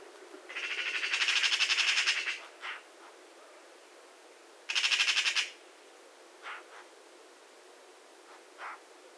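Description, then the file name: Eurasian magpie giving harsh, rattling chatter calls in two bursts, with a few short single squawks after them. "Pica pica"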